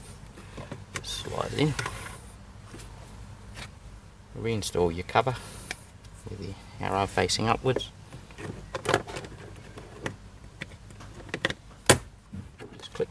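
Someone talks while the plastic cabin air filter housing cover is refitted into the HVAC filter slot behind the glove box of a 2009 to 2021 Subaru Liberty, with its arrow facing up, and pressed in. A few light plastic taps come before the final push, around 1.0 s, 8.9 s and 11.3 to 11.5 s. The cover then latches with one loud, sharp click at 11.9 s and is seated.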